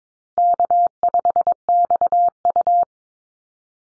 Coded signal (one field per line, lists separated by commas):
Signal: Morse code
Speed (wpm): 22 wpm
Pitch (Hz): 700 Hz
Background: none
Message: K5XU